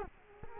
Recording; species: mosquito wingbeat signal from an infrared sensor; Culex quinquefasciatus